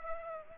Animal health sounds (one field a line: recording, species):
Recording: mosquito wingbeat signal from an infrared sensor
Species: Aedes aegypti